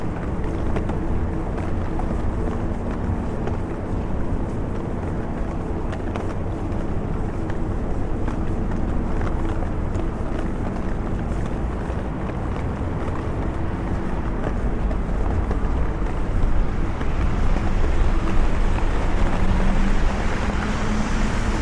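A rainy London walk: a dense, steady wash of rain and traffic, with a low engine hum throughout, swelling slightly louder near the end.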